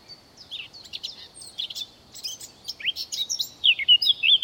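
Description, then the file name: Eurasian blackcap song: hurried scratchy twittering notes, then the start of a loud clear whistled flourish at the end. "Sylvia atricapilla"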